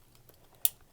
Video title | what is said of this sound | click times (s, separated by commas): Night vision setups! (Viewer requested) | There you go. You heard that click, and now it's on there. | 0.6 s